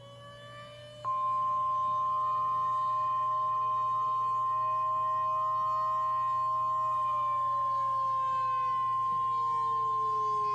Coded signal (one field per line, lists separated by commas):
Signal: Emergency Alert System (SAME) tones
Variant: 1050 Hz attention tone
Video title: May 2021 Stairway Heavan Incident - the EAS Scenario